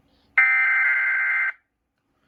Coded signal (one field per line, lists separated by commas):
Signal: Emergency Alert System (SAME) tones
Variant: header bursts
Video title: EAS 691-692 - SMW